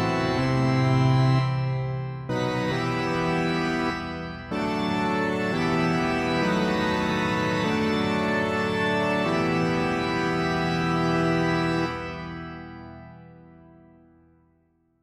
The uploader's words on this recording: More Pipe Organ Action.